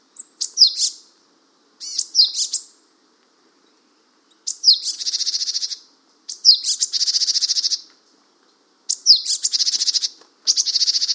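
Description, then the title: Japanese tit calls: thin slurred chirps, the later ones running into harsh, rapid buzzing trills. "suara burung gelatik batu jepang"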